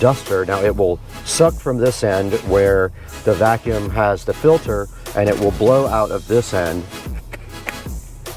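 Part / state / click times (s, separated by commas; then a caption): plastic nozzle into the outlet of a handheld vacuum duster / seated / 7.7 s. Someone talks over background music while a plastic blower nozzle is fitted onto the blowing end (outlet) of a handheld vacuum duster. A sharp click is heard at 7.7 s as the nozzle snaps on and locks in place.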